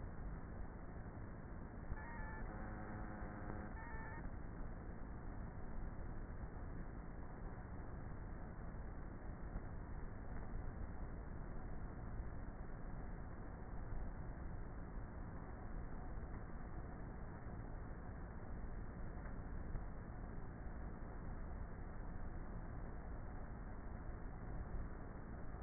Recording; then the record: honeybee colony, microphone inside the hive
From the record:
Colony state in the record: queenless with a low population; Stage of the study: before two queens were removed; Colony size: about 30,000 bees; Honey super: no